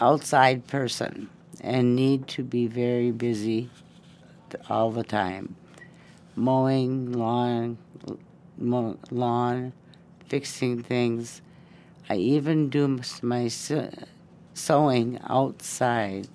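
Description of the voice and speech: An adult woman with primary progressive aphasia reads her own story aloud slowly and haltingly, with long pauses between short phrases, drawn-out vowels, a false start and restart on "mowing lawn", and some blurred, dropped sounds. This effortful, broken-up speech fits primary progressive aphasia; she struggles daily to get her words out and is losing more of them.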